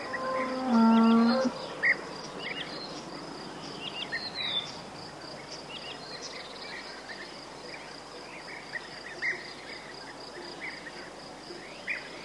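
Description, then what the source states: Cow lowing once near the start, a short steady low moo, followed by scattered bird chirps over a constant insect buzz. Cows mooing in a village, with birds and cicadas.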